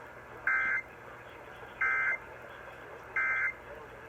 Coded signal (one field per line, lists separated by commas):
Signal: Emergency Alert System (SAME) tones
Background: speech